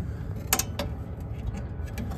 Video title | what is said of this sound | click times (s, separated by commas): Bad Day For York Units… Let’s Fix Them! | maybe they won't click but Yep | 0.5 s